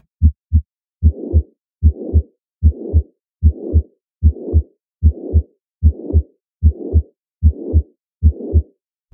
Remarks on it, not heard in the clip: Mitral and tricuspid regurgitation, as well as ventricular septal defect, instead of keeping the blood where it belongs in the ventricles, you get this regurgitation sound.